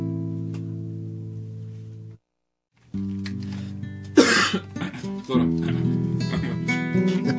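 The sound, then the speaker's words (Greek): A harsh, noisy cough bursts out midway over steady, droning musical tones, followed by a few rougher coughing sounds as the humming music continues after a brief silent pause. “Τραγούδι για το βήχα του άλλου.”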